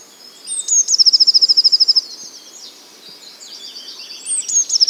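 Bird song: a bright rapid trill of repeated high notes, softer high song, then the trill starting again at the end.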